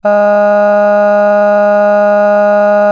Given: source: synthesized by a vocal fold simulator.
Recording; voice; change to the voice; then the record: sustained vowel; female; cycle-to-cycle stiffness perturbation (roughness), level 2 of 10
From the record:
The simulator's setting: 0.96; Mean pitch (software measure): 206 Hz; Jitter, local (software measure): 0.46%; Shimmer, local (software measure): 3.5%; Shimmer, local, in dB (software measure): 0.31 dB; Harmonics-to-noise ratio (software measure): 25.6 dB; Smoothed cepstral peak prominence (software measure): 18.2 dB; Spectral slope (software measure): -21.9 dB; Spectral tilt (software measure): -9.3 dB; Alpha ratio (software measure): -12.4 dB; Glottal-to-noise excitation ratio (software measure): 0.973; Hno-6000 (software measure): 2.4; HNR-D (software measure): 39.2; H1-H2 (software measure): 8.7 dB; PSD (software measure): 3.0e-05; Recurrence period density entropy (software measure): 0.130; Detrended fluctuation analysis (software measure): 0.0276